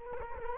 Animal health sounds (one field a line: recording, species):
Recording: mosquito wingbeat signal from an infrared sensor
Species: Culex quinquefasciatus